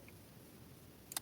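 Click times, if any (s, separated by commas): none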